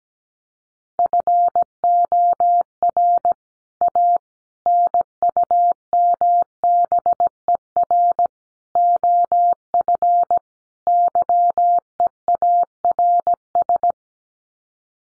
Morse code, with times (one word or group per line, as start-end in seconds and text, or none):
1.0-3.3 FOR
3.8-4.2 A
4.7-8.3 NUMBER
8.8-10.4 OF
10.9-13.9 YEARS